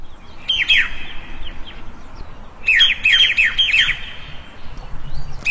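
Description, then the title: Bird calls, bursts of harsh, descending squawky notes in quick series, in clusters separated by pauses. Two birds quarrelling in a plum orchard in the early morning, recorded in the field. "清晨李子园里两只在争吵的鸟儿 ［声谷］"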